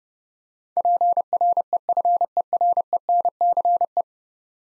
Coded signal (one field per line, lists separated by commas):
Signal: Morse code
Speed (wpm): 30 wpm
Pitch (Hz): 700 Hz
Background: none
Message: PREFERENCE